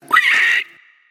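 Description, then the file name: Pig giving a single short, harsh squeal lasting about half a second, with a faint thin tone trailing after it. "chancho"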